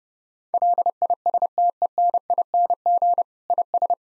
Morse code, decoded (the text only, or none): LISTENING IS